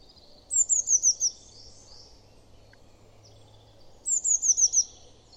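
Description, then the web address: Eurasian blue tit producing two quick series of five thin, high descending notes, a few seconds apart, against a soft low background noise. "cianscape. Deverinetal"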